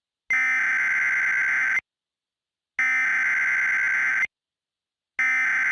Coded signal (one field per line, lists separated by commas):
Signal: Emergency Alert System (SAME) tones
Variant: header bursts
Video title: Burning Earth: Remastered (EAS Christmas Special)